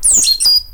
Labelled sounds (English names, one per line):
Stitchbird song